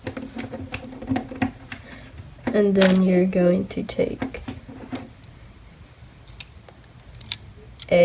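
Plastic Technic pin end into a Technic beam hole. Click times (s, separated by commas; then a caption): 1.4 s. The small end of a plastic Lego Technic pin is pushed into a Technic beam hole only until the first click, on purpose not fully home. A series of small sharp ticks runs through the first two seconds, with the click at about 1.4 s. Someone then talks, followed by a few more scattered ticks.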